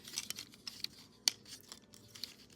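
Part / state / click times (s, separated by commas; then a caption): torso section of a transforming robot action figure folding into its body frame / not seated / none. The plastic torso section of a transforming Optimus Prime robot action figure is handled as it is flipped down toward its locked position in the body frame. Soft crinkling handling noises are broken by sharp little ticks around 0.2, 0.3 and 0.8 s and a louder one at 1.3 s. The torso has not clicked into place yet by the end.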